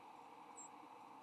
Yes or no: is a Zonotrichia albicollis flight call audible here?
no